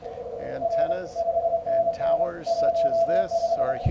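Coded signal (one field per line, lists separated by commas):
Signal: Morse code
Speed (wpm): 27 wpm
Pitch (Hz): 670 Hz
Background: speech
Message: R 5NN 15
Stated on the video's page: CW contest operation in CQWW CW using Flex radios with a Power Genius XL amplifier.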